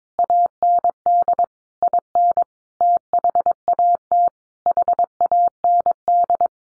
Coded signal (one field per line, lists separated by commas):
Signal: Morse code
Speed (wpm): 22 wpm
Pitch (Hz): 700 Hz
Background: none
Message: AND IN THAT HAND